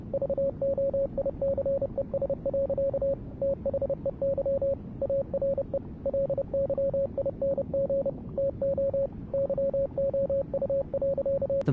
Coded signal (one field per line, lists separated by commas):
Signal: Morse code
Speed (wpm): 30 wpm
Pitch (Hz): 550 Hz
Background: radio noise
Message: VOICES. THEY ARE LYING TO YOU.